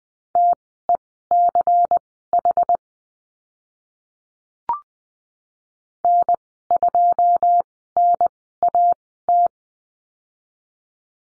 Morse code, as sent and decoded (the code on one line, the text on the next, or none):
- . -.-. .... / -. ..--- -. .- -
TECH N2NAT